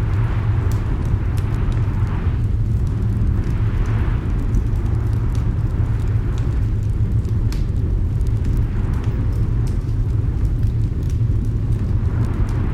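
A roaring fire fills the room with a deep, steady rumble that never lets up. Small sharp crackles and pops scatter throughout, and soft gusts of storm wind swell and fade every few seconds, around the 2, 4, 9 and 12 second marks.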